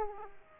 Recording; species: mosquito wingbeat signal from an infrared sensor; Aedes aegypti